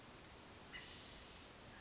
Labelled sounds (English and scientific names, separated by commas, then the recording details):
Western Flycatcher (Empidonax difficilis)
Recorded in Sonoma County, California